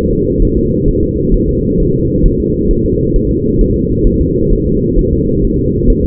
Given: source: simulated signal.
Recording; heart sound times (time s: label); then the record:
fetal heart sounds
0.10 s: S2
0.42 s: S1
0.57 s: S2
0.88 s: S1
1.03 s: S2
1.34 s: S1
1.49 s: S2
1.80 s: S1
1.94 s: S2
2.25 s: S1
2.40 s: S2
2.71 s: S1
2.85 s: S2
3.16 s: S1
3.31 s: S2
3.61 s: S1
3.76 s: S2
4.07 s: S1
4.21 s: S2
4.53 s: S1
4.67 s: S2
4.99 s: S1
5.13 s: S2
5.44 s: S1
5.59 s: S2
5.90 s: S1
6.05 s: S2
From the record:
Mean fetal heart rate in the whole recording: 130 bpm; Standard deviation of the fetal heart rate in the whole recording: 4 bpm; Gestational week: 38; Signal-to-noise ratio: -10.2 dB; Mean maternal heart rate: 72 bpm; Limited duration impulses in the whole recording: present